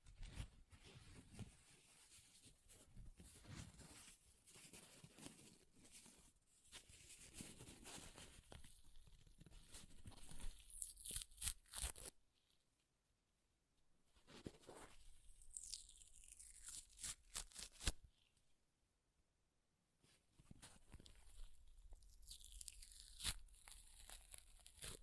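Paper is ripped and torn in a series of rough, crackling bursts, some long and drawn out, others short and sharp. Dense tearing fills the first half, then breaks off into near silence around twelve and twenty seconds before resuming in quicker, snappier rips.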